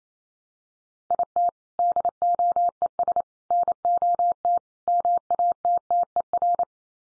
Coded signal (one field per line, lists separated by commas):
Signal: Morse code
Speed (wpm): 28 wpm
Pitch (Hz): 700 Hz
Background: none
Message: IT DOES NOT MATTER